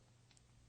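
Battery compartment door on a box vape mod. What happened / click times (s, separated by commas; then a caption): The battery door latch released with a quick double tick / 0.3 s, 0.4 s. The release lever on a box vape mod's battery compartment is pulled back, and the spring-loaded door, plastic or metal with seals, unlatches with a short double tick at 0.3 s and 0.4 s over a steady low hum. The battery door springs open and is released.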